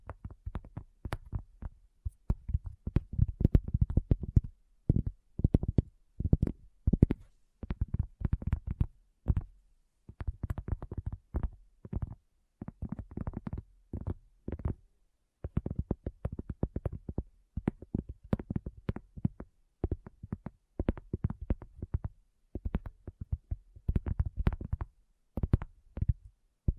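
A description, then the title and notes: Fast fingertip tapping runs through the whole stretch in quick bursts and clusters, each tap a short soft knock with a dull, low body and a brighter click on top. The rhythm is irregular, with brief pauses between flurries, and nothing else sounds behind it. ASMR Addictive Tapping. (No Talking).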